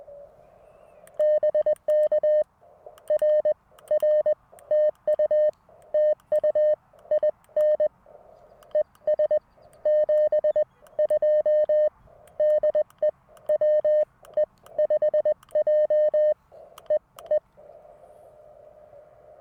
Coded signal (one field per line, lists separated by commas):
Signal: Morse code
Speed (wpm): 20 wpm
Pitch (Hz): 590 Hz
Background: none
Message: BK RR TU TU IN ES 72 DE WE5J E E